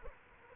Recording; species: mosquito wingbeat signal from an infrared sensor; Culex quinquefasciatus